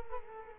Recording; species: mosquito wingbeat signal from an infrared sensor; Culex quinquefasciatus